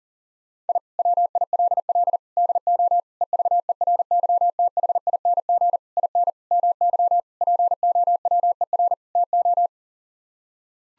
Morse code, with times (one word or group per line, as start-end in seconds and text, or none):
0.7-0.8 I
1.0-2.2 WILL
2.4-3.0 DO
3.2-5.8 EVERYTHING
6.0-6.3 IN
6.5-7.2 MY
7.4-8.9 POWER
9.2-9.7 TO